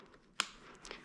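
A side buckle on a BabyBjorn Baby Carrier Harmony is clipped into its socket, giving one sharp, bright click at 0.4 s, followed by two faint ticks near 0.9 s. The buckle is clipped on and the carrier is seated and ready to go.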